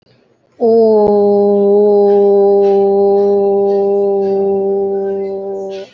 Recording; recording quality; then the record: sustained vowel as in boot; excellent, no background noise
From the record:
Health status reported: healthy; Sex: female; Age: 24 years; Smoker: no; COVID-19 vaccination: both doses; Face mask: worn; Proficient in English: yes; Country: India